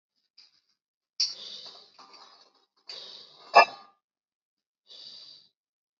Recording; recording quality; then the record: deep breathing; excellent, no background noise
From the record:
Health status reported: COVID-19 positive, mild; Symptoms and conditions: cough, cold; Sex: male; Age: 38 years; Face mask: not worn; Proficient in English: yes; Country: India